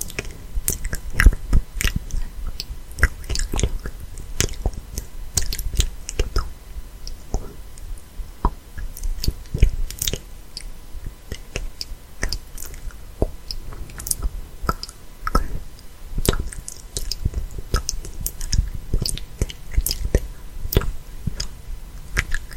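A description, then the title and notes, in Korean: Soft, inaudible whispered chatter with puffing mouth pops. Wet clicks and smacks come in quick, irregular bursts throughout, a few sharper and louder than the rest, over a faint low rumble. ASMR 뻐끔뻐끔 인어디블 수다 #입소리 #inaudible.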